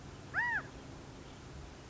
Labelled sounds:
California Quail
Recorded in Sonoma County, California

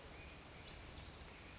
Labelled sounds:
Western Flycatcher
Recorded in Sonoma County, California

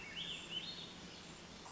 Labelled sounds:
Swainson's Thrush
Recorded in Sonoma County, California

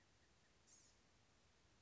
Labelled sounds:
Blue-gray Gnatcatcher
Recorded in Sonoma County, California

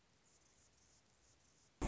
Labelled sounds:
Anna's Hummingbird
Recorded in Sonoma County, California

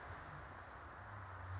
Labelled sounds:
California Towhee
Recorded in Sonoma County, California

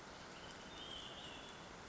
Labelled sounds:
Olive-sided Flycatcher
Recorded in Sonoma County, California

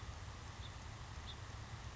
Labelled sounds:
House Finch
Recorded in Sonoma County, California

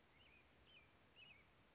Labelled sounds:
Western Tanager
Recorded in Sonoma County, California

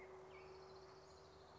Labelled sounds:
Orange-crowned Warbler
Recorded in Sonoma County, California

